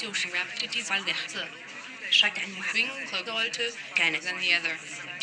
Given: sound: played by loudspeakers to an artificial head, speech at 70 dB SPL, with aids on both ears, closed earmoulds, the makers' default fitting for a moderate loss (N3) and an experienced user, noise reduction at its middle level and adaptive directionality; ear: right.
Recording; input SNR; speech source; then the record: speech test signal (ISTS) in cocktail-party noise; +6 dB; in front (0 degrees)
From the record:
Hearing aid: class 2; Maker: G